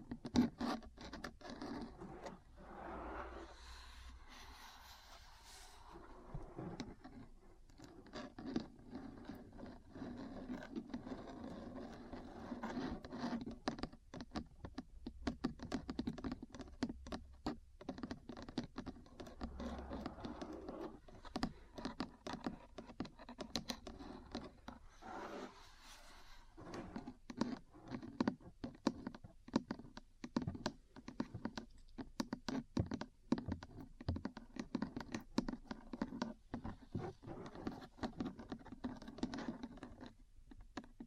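Metal parts tap and scratch in quick, irregular clusters of sharp clicks across the whole clip, with a dense burst near the start and a brief pause around five seconds. A low hum runs underneath, and short scraping passages appear between the tapping.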